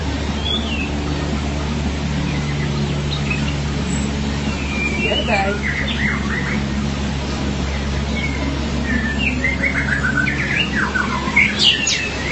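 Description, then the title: Magpie-robin or shama song, scattered short whistled and chirping phrases, livelier toward the end, over a loud constant low hum. "BM Suara Burung Murai"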